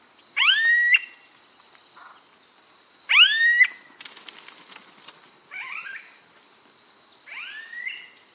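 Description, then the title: Smooth-billed ani giving three rising, whining calls, plus a short rough note and clicking sounds, against a constant shrill insect chorus. "LuckyPassaro Completos2Sama. Smooth-billed Ani (Crotophaga ani)"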